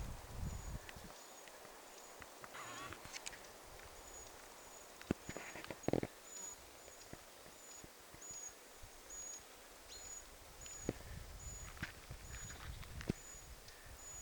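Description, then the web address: Eurasian treecreeper calling in a steady series of thin, high-pitched notes, with scattered clicks and rustles. Possibly a young bird calling within a small flock of small birds, recorded 20 July 2026. "paivat 20 7 2026 pikkulintuparvi ehka nuori puukiipija aantelee"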